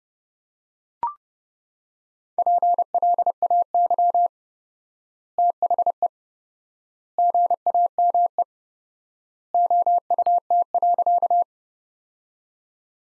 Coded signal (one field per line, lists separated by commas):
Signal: Morse code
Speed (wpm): 30 wpm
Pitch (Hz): 700 Hz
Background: none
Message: PLAY THE GAME OUT.